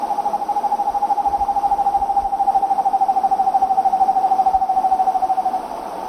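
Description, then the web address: Foothill screech owl song: a fast, even run of low hoots blurred into a steady trill lasting several seconds. Recorded in Ecuador. "Birds of Ecuador. Foothill Screech-Owl"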